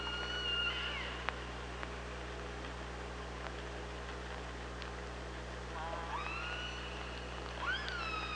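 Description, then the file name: Killer whale calls: several bright harmonic tones, some rising and some flattening out, spaced a few seconds apart, with clicks and a steady low hum. Recorded with an OrcaLab hydrophone on 24 August 2017 at 05:31:26. "Orca Lab 20170824"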